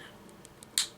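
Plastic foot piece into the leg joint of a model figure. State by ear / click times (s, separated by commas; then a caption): seated / 0.8 s. A plastic foot piece is pushed into the leg joint of a buildable model figure and seats with one sharp, bright click at 0.8 s. A few faint, soft ticks come before it, and the foot ends up clicked firmly onto the leg.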